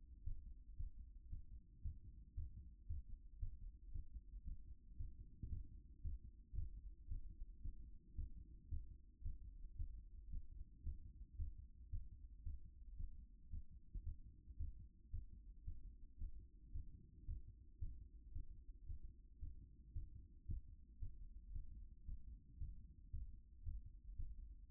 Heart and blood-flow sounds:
heart sounds by stethoscope; 113 bpm
0.23 s: heartbeat
0.76 s: heartbeat
1.29 s: heartbeat
1.81 s: heartbeat
2.34 s: heartbeat
2.87 s: heartbeat
3.39 s: heartbeat
3.91 s: heartbeat
4.44 s: heartbeat
4.96 s: heartbeat
5.49 s: heartbeat
6.01 s: heartbeat
6.54 s: heartbeat
7.08 s: heartbeat
7.61 s: heartbeat
8.15 s: heartbeat
8.68 s: heartbeat
9.22 s: heartbeat
9.76 s: heartbeat
10.29 s: heartbeat
10.83 s: heartbeat
11.36 s: heartbeat
11.89 s: heartbeat
12.43 s: heartbeat
12.96 s: heartbeat
13.49 s: heartbeat
14.03 s: heartbeat
14.56 s: heartbeat
15.10 s: heartbeat
15.64 s: heartbeat
16.18 s: heartbeat
16.71 s: heartbeat
17.25 s: heartbeat
17.78 s: heartbeat
18.32 s: heartbeat
18.85 s: heartbeat
19.39 s: heartbeat
19.92 s: heartbeat
20.45 s: heartbeat
20.98 s: heartbeat
21.52 s: heartbeat
22.05 s: heartbeat
22.57 s: heartbeat
23.10 s: heartbeat
23.63 s: heartbeat
24.15 s: heartbeat
24.68 s: heartbeat
From the record:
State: after exercise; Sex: male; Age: 53 years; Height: 175 cm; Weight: 88 kg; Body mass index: 28.73

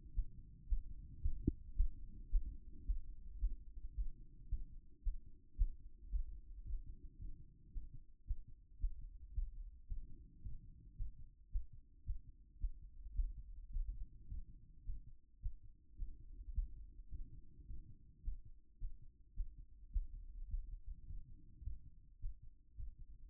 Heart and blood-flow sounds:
heart sounds by stethoscope; 110 bpm
0.13 s: heartbeat
0.67 s: heartbeat
1.21 s: heartbeat
1.75 s: heartbeat
2.29 s: heartbeat
2.84 s: heartbeat
3.39 s: heartbeat
3.94 s: heartbeat
4.48 s: heartbeat
5.02 s: heartbeat
5.56 s: heartbeat
6.09 s: heartbeat
6.63 s: heartbeat
7.17 s: heartbeat
7.71 s: heartbeat
8.25 s: heartbeat
8.78 s: heartbeat
9.32 s: heartbeat
9.86 s: heartbeat
10.41 s: heartbeat
10.95 s: heartbeat
11.49 s: heartbeat
12.03 s: heartbeat
12.58 s: heartbeat
13.13 s: heartbeat
13.69 s: heartbeat
14.26 s: heartbeat
14.83 s: heartbeat
15.40 s: heartbeat
15.96 s: heartbeat
16.52 s: heartbeat
17.08 s: heartbeat
17.65 s: heartbeat
18.22 s: heartbeat
18.78 s: heartbeat
19.34 s: heartbeat
19.90 s: heartbeat
20.47 s: heartbeat
21.05 s: heartbeat
21.62 s: heartbeat
22.19 s: heartbeat
22.75 s: heartbeat
From the record:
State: after exercise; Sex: male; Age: 52 years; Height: 176 cm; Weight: 105 kg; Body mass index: 33.90

